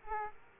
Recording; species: mosquito wingbeat signal from an infrared sensor; Aedes aegypti